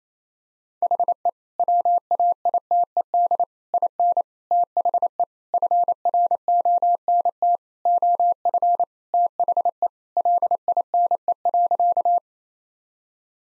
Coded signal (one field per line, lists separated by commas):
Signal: Morse code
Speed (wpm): 28 wpm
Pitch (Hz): 700 Hz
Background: none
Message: HE WAITED IN THE FRONT OF THE LINE.